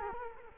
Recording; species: mosquito wingbeat signal from an infrared sensor; Culex quinquefasciatus